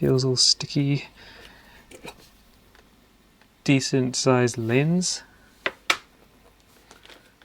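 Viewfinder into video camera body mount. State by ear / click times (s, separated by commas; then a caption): seated / 5.9 s. Someone talks while a viewfinder is fitted onto the body of a National WVP-G1 video camera. A sharp click at 5.9 s marks the viewfinder seating into its mount on the camera body, just after a smaller tap.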